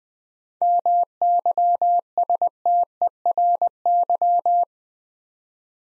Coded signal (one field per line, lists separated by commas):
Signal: Morse code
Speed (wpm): 20 wpm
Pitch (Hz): 700 Hz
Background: none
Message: MYSTERY